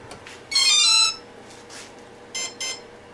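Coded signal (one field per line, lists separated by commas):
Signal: beep code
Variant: drone speed controller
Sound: a half-second rising chime of electronic tones, then two short electronic beeps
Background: quiet room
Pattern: 1 long, 2 short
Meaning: The speed controller beeps to confirm full throttle during calibration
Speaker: now we're going to move the throttle control to full now we will power up here that beep Now we move the throttle all the way down here three beeps one beep that's it that one is calibrated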